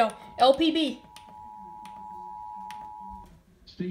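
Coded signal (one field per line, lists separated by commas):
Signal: Emergency Alert System (SAME) tones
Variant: 853 and 960 Hz attention tone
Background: speech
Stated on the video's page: Required Monthly Test on Louisiana public television.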